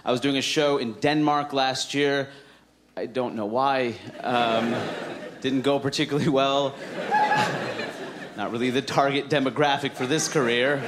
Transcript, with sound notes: I was doing a show in Denmark last year. I don't know why.
(LAUGHTER)
It didn't go particularly well, not really the target demographic for this career.